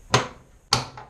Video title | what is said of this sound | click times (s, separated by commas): Tuto Bricolage : Comment installer / remplacer un radiateur électrique ? (Vue GoPro 1ère personne) | Donc on va pouvoir reclipser tout simplement le radiateur. | 0.1 s, 0.7 s